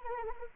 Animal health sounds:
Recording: mosquito wingbeat signal from an infrared sensor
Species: Anopheles arabiensis

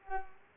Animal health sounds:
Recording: mosquito wingbeat signal from an infrared sensor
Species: Culex pipiens

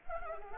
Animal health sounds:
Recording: mosquito wingbeat signal from an infrared sensor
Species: Anopheles arabiensis

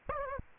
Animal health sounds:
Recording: mosquito wingbeat signal from an infrared sensor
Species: Aedes aegypti

